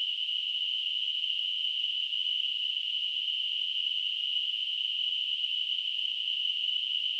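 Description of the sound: A steady, unbroken high-pitched hissing tone, a narrow band of noise centred near 3 kHz, continuous at an even level throughout. It is a device-generated simulation of tinnitus.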